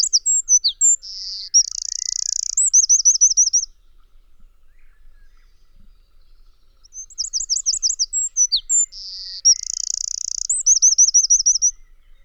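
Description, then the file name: Eurasian wren song: two loud, high rapid outbursts of sharp notes, buzzy rattles and looping trills, separated by several seconds of quiet. "Troglodytes troglodytes"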